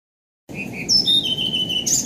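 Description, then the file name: Blue-throated flycatcher song: high whistled notes, some sliding and drawn out, over a steady low hum. "kicau-sikatan-blue-throated -omkicau"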